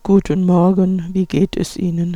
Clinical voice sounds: spoken sentence; German; female; 60 to 69 years; 3; 3; 0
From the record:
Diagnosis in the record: hyperfunctional dysphonia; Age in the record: 66 years

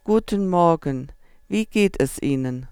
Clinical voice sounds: spoken sentence; German; female; 50 to 59 years; 2; 2; 1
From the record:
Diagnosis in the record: psychogenic dysphonia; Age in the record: 55 years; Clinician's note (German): Funktionelle Komponente

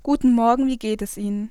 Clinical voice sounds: spoken sentence; German; female; 20 to 29 years; 0; 0; 0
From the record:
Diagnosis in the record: healthy voice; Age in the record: 23 years

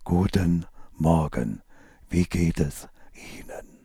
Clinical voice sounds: spoken sentence; German; male; 50 to 59 years; 3; 3; 3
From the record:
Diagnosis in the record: recurrent laryngeal nerve paralysis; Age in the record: 59 years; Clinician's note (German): Li, schlaff, keine Kompensation

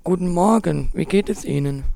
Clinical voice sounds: spoken sentence; German; female; 30 to 39 years; 2; 0; 2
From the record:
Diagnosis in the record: hyperfunctional dysphonia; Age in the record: 35 years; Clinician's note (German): Mit beginnender Phonationsverdickung; 1. Aufnahme prä Therapie

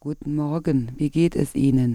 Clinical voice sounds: spoken sentence; German; female; 40 to 49 years; 2; 2; 2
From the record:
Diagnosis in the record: dysphonia, Reinke's edema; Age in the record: 44 years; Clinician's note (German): Organisch-funktionelle Dysphonie, ponogene Belastung

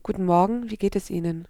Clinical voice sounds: spoken sentence; German; female; 40 to 49 years; 0; 0; 0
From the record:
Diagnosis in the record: functional dysphonia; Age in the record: 41 years

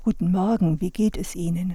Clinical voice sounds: spoken sentence; German; female; 40 to 49 years; 3; 2; 3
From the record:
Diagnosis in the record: psychogenic dysphonia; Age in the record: 49 years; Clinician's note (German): Mit hyperfunktioneller Komponente

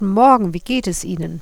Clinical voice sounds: spoken sentence; German; female; 60 to 69 years; 1; 1; 1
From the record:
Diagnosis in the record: dysarthrophonia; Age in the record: 60 years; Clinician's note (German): Bei MS

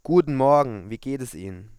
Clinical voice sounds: spoken sentence; German; male; 20 to 29 years; 0; 0; 0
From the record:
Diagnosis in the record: healthy voice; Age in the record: 23 years

